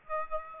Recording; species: mosquito wingbeat signal from an infrared sensor; Aedes aegypti